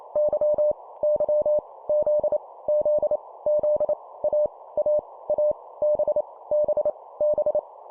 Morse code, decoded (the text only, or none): Y Y Z Z Z A A A B B B